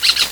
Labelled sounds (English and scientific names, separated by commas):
Brown-throated Parakeet (Eupsittula pertinax) contact call